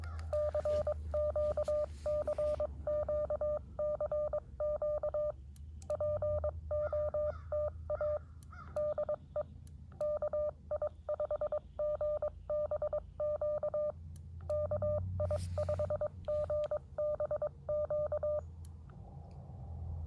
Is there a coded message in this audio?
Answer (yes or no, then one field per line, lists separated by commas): yes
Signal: Morse code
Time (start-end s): 0.3-18.4 s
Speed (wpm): 22 wpm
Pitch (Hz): 600 Hz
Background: none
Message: CQ CQ CQ POTA DE KI5GBQ KI5GBQ